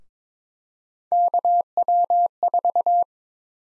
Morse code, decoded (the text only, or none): KW4